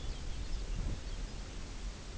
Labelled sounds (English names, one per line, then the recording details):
Lapland Longspur
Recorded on Arctic tundra, site UTQI-0, on 16 June 2019
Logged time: 20:00